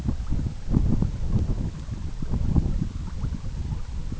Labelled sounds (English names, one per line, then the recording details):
none
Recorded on Arctic tundra, site EABA-MC, on 20 June 2019
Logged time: 14:00